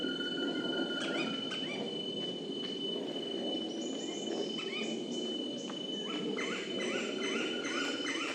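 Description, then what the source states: Banded woodpecker calls: a run of short, repeated notes that bend downward, growing busier toward the end, over a steady high insect whine and dense insect hum. Banded woodpeckers recorded at MacRitchie on 4 November 2016.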